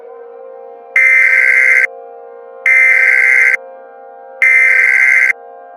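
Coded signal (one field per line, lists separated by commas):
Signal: Emergency Alert System (SAME) tones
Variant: header bursts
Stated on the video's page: Fictional analog-horror EAS scenario.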